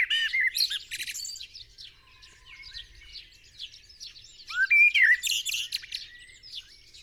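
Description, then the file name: Common blackbird giving fluty warbled phrases at the start and again near the end, with a steady background of high-pitched chirping birds. "Turdus merula"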